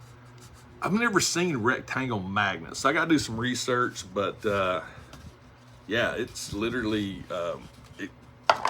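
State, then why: Seated. A magnetic insert piece is fitted into a slot of a magnet-equipped toy display table while someone talks. At 8.5 s it meets the slot with a sharp, loud snap and seats in place, followed by a couple of quick smaller ticks.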